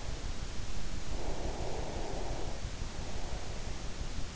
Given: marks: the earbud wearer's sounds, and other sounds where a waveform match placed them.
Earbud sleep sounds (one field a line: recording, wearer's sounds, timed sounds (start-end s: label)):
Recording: sounds in sleep by an in-ear microphone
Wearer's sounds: breath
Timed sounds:
0.94-3.95 s: breath